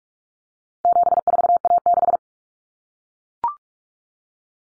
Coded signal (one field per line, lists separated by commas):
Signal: Morse code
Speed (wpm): 44 wpm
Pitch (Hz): 700 Hz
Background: none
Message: 74A6